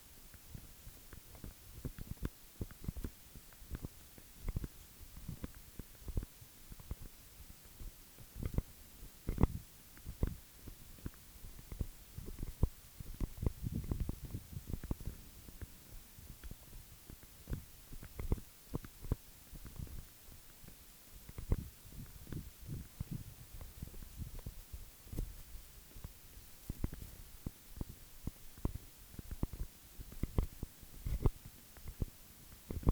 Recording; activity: daily activity, guitar pickup as the sensor; run